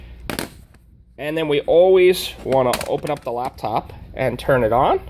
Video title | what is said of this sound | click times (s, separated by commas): How to upgrade the memory in an HP Elitebook 840 | again and we put the switch to lock it and then we | 0.3 s